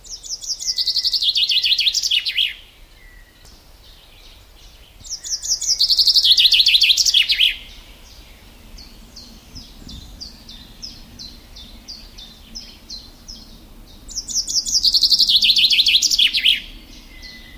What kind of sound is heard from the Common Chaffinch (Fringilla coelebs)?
song